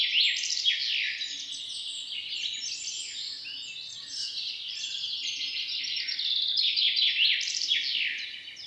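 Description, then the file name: Birds twittering in a steady chorus, quick descending chirps and high trills overlapping throughout with little pause. Morning bird song. "birds in the morning"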